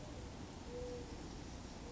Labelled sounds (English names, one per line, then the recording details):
Mourning Dove
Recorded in Sonoma County, California